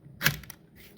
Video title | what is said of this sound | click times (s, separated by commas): Installing CMMG 22LR conversion into AR -15 (Demonitized) | if you insert a magazine right those should snap right in just like an AR-15 mag | 0.3 s